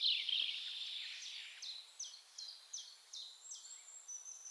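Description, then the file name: European robin: a faint, steady run of thin, high downslurred notes after an initial blurred twitter, over noticeable background hiss. "Erithacus rubecula"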